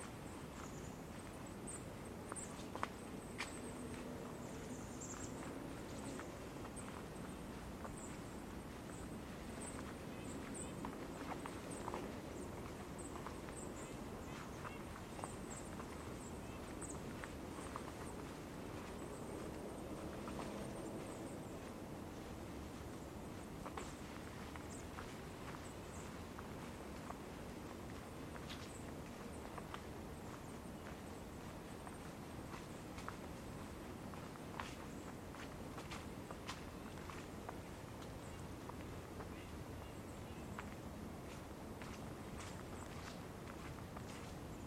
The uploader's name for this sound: Forest Park in Winter